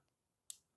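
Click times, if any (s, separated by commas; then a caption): 0.5 s. A small locking lever on a Snowpeak AP900 air pistol is worked until it locks in place, judged a solid design. After near-silence, a single sharp, bright click sounds at 0.5 s and decays quickly. The lever seats and locks.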